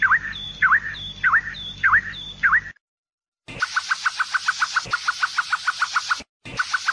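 Canary song opening with a few separate swooping notes, then after a short pause a rapid, even trill of repeated chips with a brief break.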